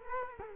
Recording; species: mosquito wingbeat signal from an infrared sensor; Culex quinquefasciatus